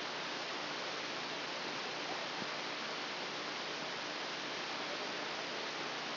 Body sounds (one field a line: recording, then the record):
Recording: brain microelectrode recording played as sound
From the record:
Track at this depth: inside the subthalamic nucleus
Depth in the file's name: 2.111 mm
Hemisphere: left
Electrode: 2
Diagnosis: Parkinson's disease